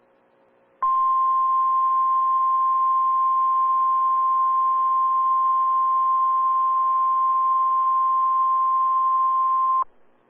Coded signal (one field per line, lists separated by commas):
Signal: Emergency Alert System (SAME) tones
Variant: 1050 Hz attention tone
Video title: DMX WEEKLY TEST EAS 784